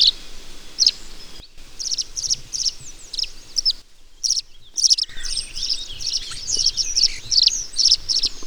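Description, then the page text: Tree swallow calls: bright, high chirps and short twittering notes in irregular bursts, with brief silent gaps in between. "Tree Swallow. Audio 2 (M. Oberle)"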